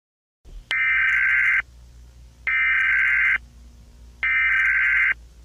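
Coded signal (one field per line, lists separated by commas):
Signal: Emergency Alert System (SAME) tones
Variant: header bursts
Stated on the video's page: Fictional analog horror EAS scenario made with editing software and EAS siren sounds; simulated alert.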